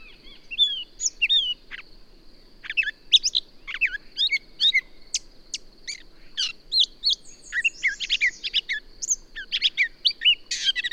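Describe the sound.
Birdsong with many quick chirps and sweeping whistles, a rapid rattling trill later on, and a steady high hum behind.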